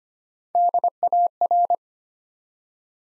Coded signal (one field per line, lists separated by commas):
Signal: Morse code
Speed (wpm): 25 wpm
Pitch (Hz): 700 Hz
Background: none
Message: DAR